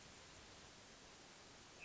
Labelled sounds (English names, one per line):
Hermit Thrush